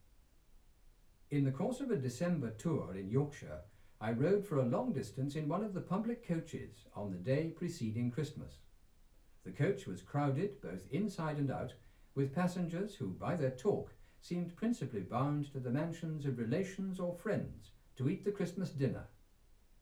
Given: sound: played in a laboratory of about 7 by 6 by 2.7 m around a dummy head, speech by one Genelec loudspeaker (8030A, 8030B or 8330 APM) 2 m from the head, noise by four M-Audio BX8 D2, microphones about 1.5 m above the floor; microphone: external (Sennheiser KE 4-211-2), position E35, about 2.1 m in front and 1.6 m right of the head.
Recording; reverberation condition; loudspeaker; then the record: male speech in English; low; 120 degrees to the left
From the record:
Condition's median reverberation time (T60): about 310 ms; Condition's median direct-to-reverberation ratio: about 3.5 dB